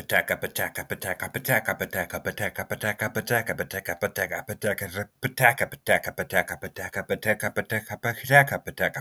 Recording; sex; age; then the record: repeated syllables /pa ta ka/; male; 20 to 29 years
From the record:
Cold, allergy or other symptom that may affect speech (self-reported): no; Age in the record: 23 years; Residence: California, United States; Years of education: 13